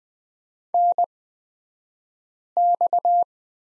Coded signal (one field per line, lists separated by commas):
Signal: Morse code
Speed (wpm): 20 wpm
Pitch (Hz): 700 Hz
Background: none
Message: NX